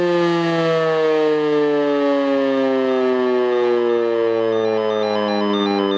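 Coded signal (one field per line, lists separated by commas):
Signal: siren signal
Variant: E57 siren, Feueralarm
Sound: loud wailing siren tone with many harmonics, slowly sliding down in pitch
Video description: und dann geht die Sirene zum Signal "Feueralarm" los!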